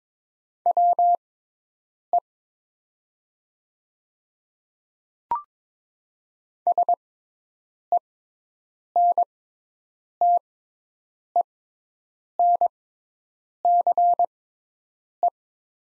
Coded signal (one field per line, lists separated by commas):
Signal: Morse code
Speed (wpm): 21 wpm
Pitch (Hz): 700 Hz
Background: none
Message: WE SENTENCE